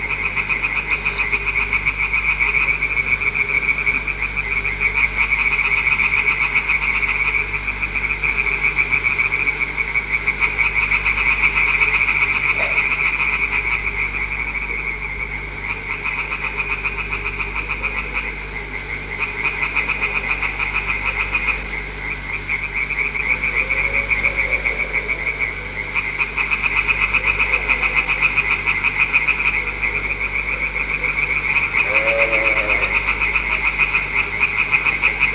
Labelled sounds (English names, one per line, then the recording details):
Common Tree Frog call
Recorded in the wild
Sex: group
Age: adult
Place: Dürrbach, Sachsen, DE
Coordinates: 51.3583, 14.6164
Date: 1957-04-28
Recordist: Meyer, Hugo